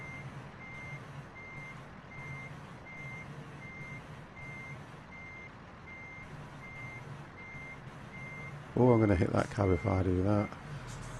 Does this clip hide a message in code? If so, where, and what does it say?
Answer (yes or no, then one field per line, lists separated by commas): no